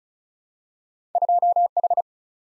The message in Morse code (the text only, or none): 2H